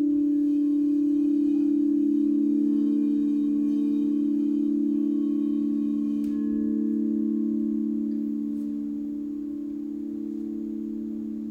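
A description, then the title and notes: A crystal singing bowl sustains a smooth, steady low tone with a faint shimmering beat, joined by a second pitch slightly below it. Around six seconds a soft tap adds a brief bright edge, then the sound slowly fades through the final seconds. Crystal Singing Bowl Sound Bath. The soothing sound of Crystal Tones Alchemy Crystal Singing Bowls.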